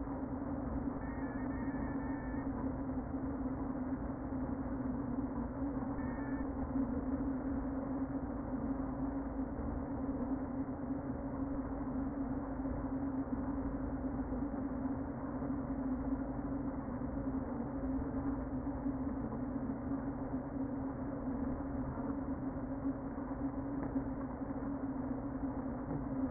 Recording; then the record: honeybee colony, microphone inside the hive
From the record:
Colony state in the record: queen present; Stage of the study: before two queens were removed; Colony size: about 60,000 bees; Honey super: yes